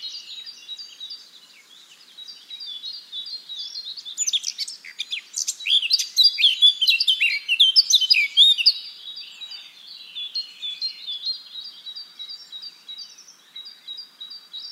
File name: Sylvia atricapilla